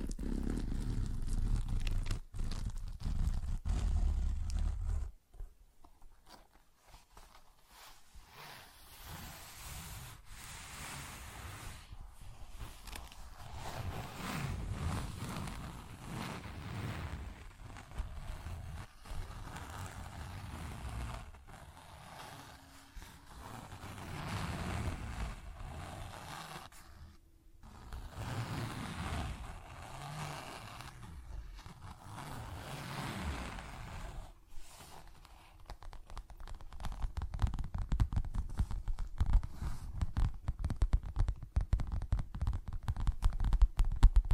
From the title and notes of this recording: ASMR Tapping, Scratching & Zipper Sounds (No Talking).